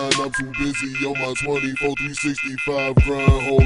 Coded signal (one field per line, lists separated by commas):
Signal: telephone call progress tone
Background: speech, music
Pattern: off-hook warning tone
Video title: Dial Tone - CelebrityCeeto Chasepaper x DiggaDell DIR|T.Mims prod.TwanTheBeatmaker NEW *2011